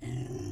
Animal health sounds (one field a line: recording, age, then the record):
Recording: pig call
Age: weaner (32 to 43 days)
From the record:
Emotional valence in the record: negative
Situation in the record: negative conditioning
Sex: female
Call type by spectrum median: low-frequency call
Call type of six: low-frequency stable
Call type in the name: low-frequency stable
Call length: 0.52 s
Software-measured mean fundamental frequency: 119 Hz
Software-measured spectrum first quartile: 122 Hz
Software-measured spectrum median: 248 Hz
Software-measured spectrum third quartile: 567 Hz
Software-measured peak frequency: 115 Hz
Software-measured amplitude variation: 134 dB a second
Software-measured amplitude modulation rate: 27.1 a second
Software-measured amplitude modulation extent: 4.9 dB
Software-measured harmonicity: 4.3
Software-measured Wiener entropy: -0.56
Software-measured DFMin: 867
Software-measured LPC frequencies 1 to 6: 289, 1999, 2849, 3286, 4544, 5492 Hz